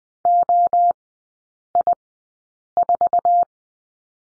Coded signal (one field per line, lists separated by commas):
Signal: Morse code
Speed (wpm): 20 wpm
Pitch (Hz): 700 Hz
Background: none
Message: OI4